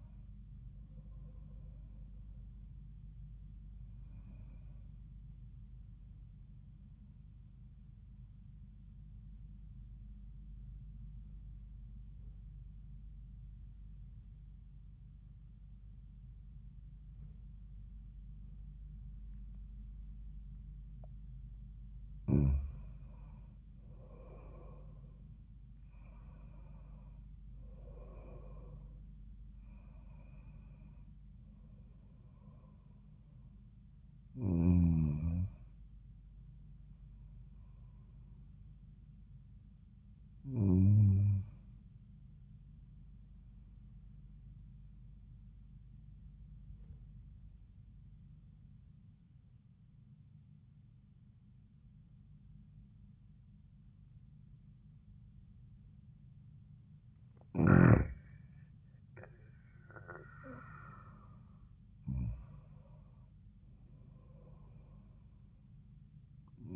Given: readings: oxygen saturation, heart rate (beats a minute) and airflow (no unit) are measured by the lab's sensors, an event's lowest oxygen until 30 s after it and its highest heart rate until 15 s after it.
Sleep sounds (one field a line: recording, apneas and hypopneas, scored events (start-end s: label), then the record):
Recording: breathing in sleep by a smartphone at the bedside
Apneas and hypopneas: 2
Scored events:
10.00-22.50 s: obstructive apnea (N1, oxygen 96% highest, then 90% lowest, heart rate 80 at the start, 89 highest)
46.00-56.90 s: obstructive apnea (N1, oxygen 96% highest, then 90% lowest, heart rate 80 at the start, 86 highest)
From the record:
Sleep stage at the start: N1 (lightest sleep)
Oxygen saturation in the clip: 90 to 96%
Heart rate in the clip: 79 to 89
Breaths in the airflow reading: 9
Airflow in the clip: -15.4 to 16.1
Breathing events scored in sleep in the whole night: 400 in 8.7 hours asleep